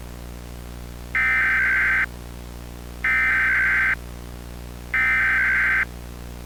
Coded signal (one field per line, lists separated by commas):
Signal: Emergency Alert System (SAME) tones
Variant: header bursts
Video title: PRISM Cable EAS Test (2003)